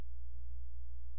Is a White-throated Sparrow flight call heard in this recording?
no